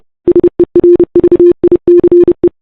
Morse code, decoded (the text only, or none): SERVICE